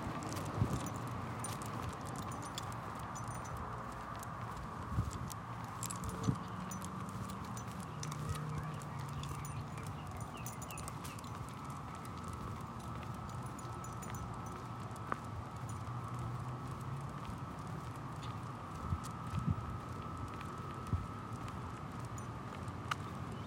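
Walking through Phoenix streets: a steady low traffic rumble and a constant mid tone, with scattered sharp clicks and taps like hooves or footsteps.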